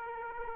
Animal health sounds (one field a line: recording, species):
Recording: mosquito wingbeat signal from an infrared sensor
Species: Aedes aegypti